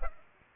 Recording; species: mosquito wingbeat signal from an infrared sensor; Aedes aegypti